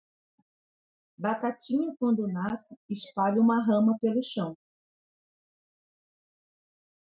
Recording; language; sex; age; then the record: short text; Brazilian Portuguese; female; 40 to 49 years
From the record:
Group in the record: control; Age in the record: 48 years